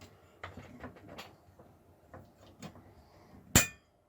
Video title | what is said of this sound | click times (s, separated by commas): Obsolete Compaq Presario Pentium 4 Motherboard Swap - Retro PC Templar - Part 01 | It snaps right in place. | 3.6 s